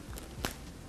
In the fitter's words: These little right here, you unsnap it.